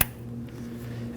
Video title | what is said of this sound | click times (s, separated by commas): How to Replace Valve Cover 2011-2016 Kia Optima | You're going to listen for a click. | 0.0 s